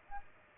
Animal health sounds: mosquito wingbeat signal from an infrared sensor; Aedes aegypti

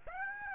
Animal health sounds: mosquito wingbeat signal from an infrared sensor; Aedes aegypti

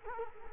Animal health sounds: mosquito wingbeat signal from an infrared sensor; Culex quinquefasciatus

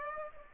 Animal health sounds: mosquito wingbeat signal from an infrared sensor; Aedes aegypti

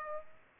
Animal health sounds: mosquito wingbeat signal from an infrared sensor; Aedes aegypti

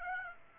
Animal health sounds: mosquito wingbeat signal from an infrared sensor; Aedes aegypti

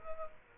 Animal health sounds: mosquito wingbeat signal from an infrared sensor; Culex quinquefasciatus

